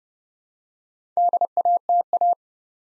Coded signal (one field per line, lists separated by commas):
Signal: Morse code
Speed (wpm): 30 wpm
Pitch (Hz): 700 Hz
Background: none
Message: DATA